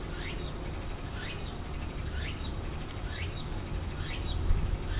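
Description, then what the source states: Walker's cicada song, a series of rising, slurred phrases repeated roughly once a second over a steady low rumble of background noise. Recorded 19 August 2007; local name tsukutsuku.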